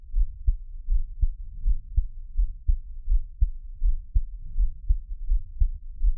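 Steady, regular low thumping heartbeat at about 81 beats a minute, each beat a soft double thud.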